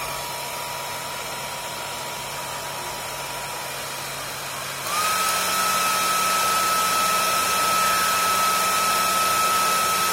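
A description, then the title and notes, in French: A hair dryer runs steadily with a dense, airy rush and a thin whine above it. Just before five seconds it steps up to a higher setting, growing louder, with the whine jumping higher and holding steady until the end. Branchement d'un sèche cheveux sur un compteur électrique à disque.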